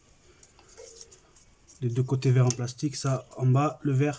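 A green plastic locking tab on an injector connector is being handled on a diesel injector, with the aim of pushing it down to lock the connector on. A few faint taps and small handling noises come first, then someone talks for the rest of the clip. Nothing has seated or clicked yet.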